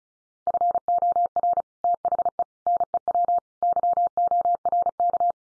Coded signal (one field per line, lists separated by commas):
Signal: Morse code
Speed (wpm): 34 wpm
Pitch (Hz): 700 Hz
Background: none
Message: FOR THE NEW YORK